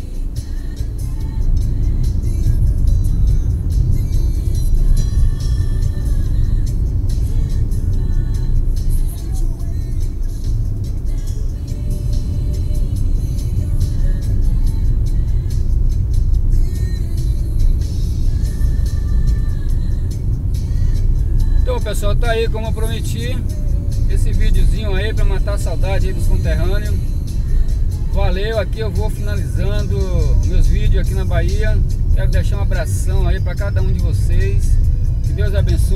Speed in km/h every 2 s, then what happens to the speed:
43, 43, 43, 43, 43, 43, 43, 42, 41, 42, 43, 43, 43, 42, 39, 36, 33, 30.
0-25 steady at about 43. 25-36 slows to 30.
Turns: none.